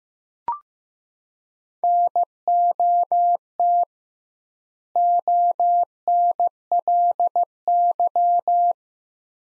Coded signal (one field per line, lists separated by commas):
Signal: Morse code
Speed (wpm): 15 wpm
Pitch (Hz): 700 Hz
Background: none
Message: NOT ONLY